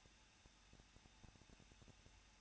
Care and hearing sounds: daily activity, microphone in the room; no activity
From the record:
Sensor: 2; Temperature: 21.0 degrees Celsius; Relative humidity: 37.5%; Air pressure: 1006.3 hPa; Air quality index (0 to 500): 223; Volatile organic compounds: 25 ppm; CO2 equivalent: 2834 ppm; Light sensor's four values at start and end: 2/3/2/2 and 2/3/2/2

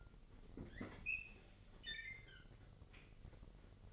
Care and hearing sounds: daily activity, microphone in the room; open fridge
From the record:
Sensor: 4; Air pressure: 1002.9 hPa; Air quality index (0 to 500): 248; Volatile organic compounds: 19 ppm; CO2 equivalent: 2657 ppm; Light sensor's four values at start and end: 4/9/3/4 and 4/9/3/4

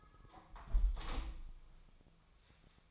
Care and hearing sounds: daily activity, microphone in the room; close window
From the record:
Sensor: 1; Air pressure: 1004.6 hPa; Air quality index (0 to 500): 108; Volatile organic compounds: 3 ppm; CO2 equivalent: 1483 ppm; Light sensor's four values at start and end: 8/21/8/9 and 8/21/8/9

